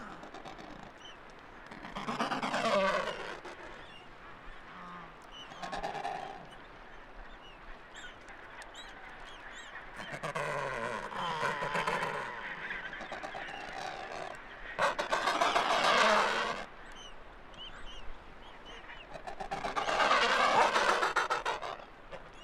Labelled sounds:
Adelie Penguin (Pygoscelis adeliae) call

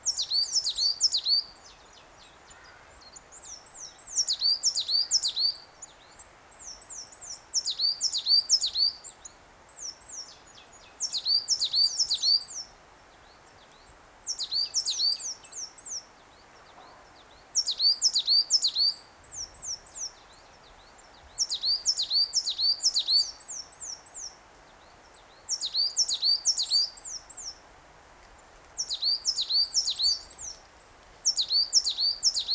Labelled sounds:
Coal Tit (Periparus ater) song

